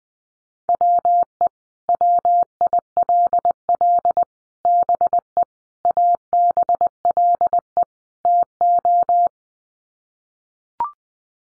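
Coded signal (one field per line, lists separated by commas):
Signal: Morse code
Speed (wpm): 20 wpm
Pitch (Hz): 700 Hz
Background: none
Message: WE WILL BE ABLE TO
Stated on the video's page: Head-copy practice of common five-word sets in Morse at 20 wpm, each sent in Morse, then spoken, then sent again.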